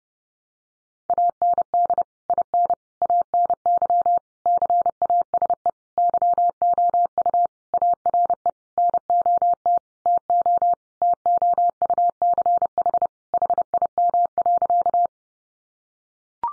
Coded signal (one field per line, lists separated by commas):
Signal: Morse code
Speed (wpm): 30 wpm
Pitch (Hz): 700 Hz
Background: none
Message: AND IN ANY CASE YOU ARE NOT TO TOUCH HIM.